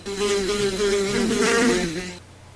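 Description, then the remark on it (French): A dense, steady drone of many houseflies buzzing and beating their wings together inside a room as a door is opened, with overlapping wavering tones that rise and fall slightly before cutting off abruptly. “Quand j'ouvris la porte, ce fut un bourdonnement, un frémissement d'ailes, comme si j'entrais dans une ruche.”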